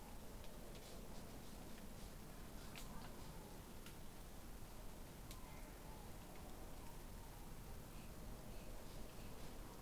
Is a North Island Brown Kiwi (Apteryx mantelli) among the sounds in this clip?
no